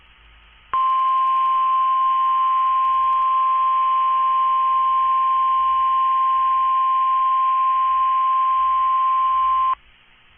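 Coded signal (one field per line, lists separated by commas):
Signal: Emergency Alert System (SAME) tones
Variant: 1050 Hz attention tone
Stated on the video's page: Weekly test from a National Weather Service office, recorded from a NOAA weather radio stream.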